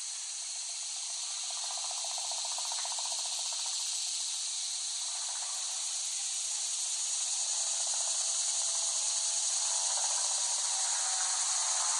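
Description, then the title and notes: Cicadas buzzing in a loud, even chorus that swells gradually, with a faint lower rattling texture beneath the drone. Cicadas recorded by Dan Bodah in West Brighton, Staten Island, late summer 2008. "Dronecast: The Cicadas of Summer. Recording of cicadas made by Dan Bodah in West Brighton, Staten Island, late summer 2008"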